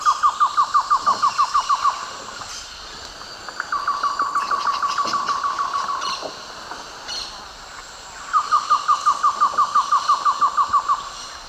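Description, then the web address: Cocha antshrike song, three fast series of short, evenly repeated mid-pitched notes, each lasting a few seconds, the middle series smoother. Two pairs singing, eastern lowlands of South America. "Natures Songs S America Eastern Lowlands. Thamnophilus praecox, songs 2 pairs"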